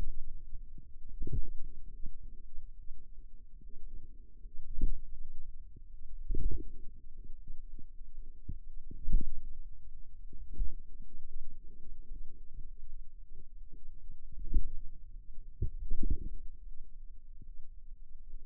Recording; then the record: forearm muscle sounds (acoustic myography)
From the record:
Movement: pen grasping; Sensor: system 2, bracelet of six BSWA MPA416 microphones around the upper forearm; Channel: 3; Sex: female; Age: 23 years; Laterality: right